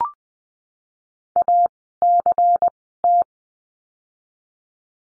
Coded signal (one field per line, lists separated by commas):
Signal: Morse code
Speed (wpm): 20 wpm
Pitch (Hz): 700 Hz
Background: none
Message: ACT